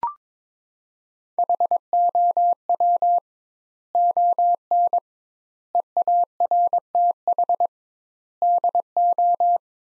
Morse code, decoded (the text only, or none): HOW ON EARTH DO